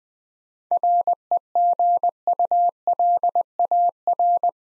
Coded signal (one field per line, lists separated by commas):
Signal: Morse code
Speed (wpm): 20 wpm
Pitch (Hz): 700 Hz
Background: none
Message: REGULAR